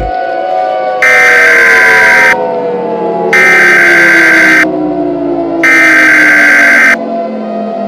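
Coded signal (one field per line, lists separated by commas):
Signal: Emergency Alert System (SAME) tones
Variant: header bursts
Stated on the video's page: Fictional EAS scenario, a remake of another creator's scenario.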